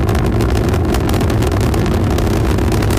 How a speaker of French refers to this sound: Donc, ils ont lancé des petits sons que vous pouvez télécharger. C'est par catégorie. Donc, si, mettons, on en écoute quelques-uns, par exemple, pourquoi pas celui-là, tu sais, le lancement de la fusée. De la navette. De la navette.